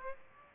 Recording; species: mosquito wingbeat signal from an infrared sensor; Aedes aegypti